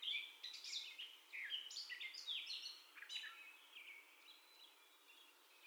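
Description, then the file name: Catbird song of quick, varied scratchy and whistled phrases, loud at first and then growing quieter and sparser toward the end. First song, recorded 30 May 2021. "2021-05-30 Catbird First Song"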